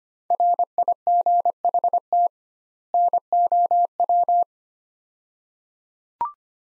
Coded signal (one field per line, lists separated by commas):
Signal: Morse code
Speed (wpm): 25 wpm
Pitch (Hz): 700 Hz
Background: none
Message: RIGHT NOW